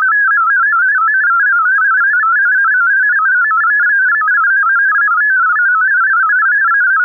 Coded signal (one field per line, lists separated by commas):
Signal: multi-tone FSK (Olivia or MFSK type)